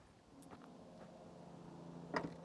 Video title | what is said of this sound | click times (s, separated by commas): etrailer - Test Fitting the Thule Verse Bike Rack on a 2025 Hyundai Palisade | And in order to get it back into position, all I need to do is lift up until you hear that click. | 2.2 s